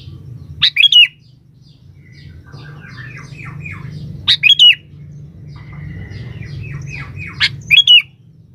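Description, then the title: Sooty-headed bulbul: loud squawky phrases repeated roughly every three to four seconds, alternating with soft rapid series of falling chirps, over a continuous low hum. "Kutilang"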